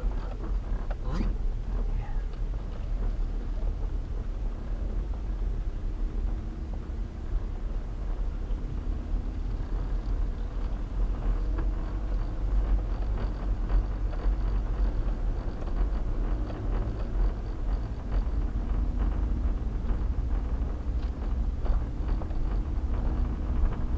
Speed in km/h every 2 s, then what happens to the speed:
13, 11, 11, 10, 11, 16, 16, 15, 18, 19, 19, 21.
0-7 steady at about 11. 7-10 speeds up to 16. 14-24 speeds up to 21.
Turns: 0-4, 5-9.